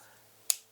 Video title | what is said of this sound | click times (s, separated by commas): New Century Arms Centurion 11 1911 Gun Review | and yet it's very effective, nice click. | 0.5 s